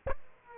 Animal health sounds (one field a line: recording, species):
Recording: mosquito wingbeat signal from an infrared sensor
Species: Aedes aegypti